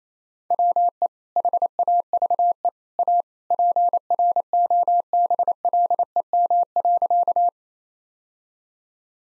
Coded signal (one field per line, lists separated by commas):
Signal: Morse code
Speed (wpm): 28 wpm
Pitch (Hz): 700 Hz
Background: none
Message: WE HAVE A PROBLEM.